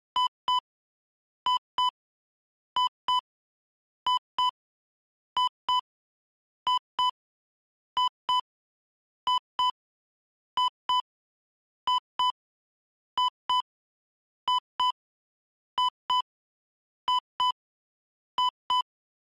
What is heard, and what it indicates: Medical Heart Monitor Beeps.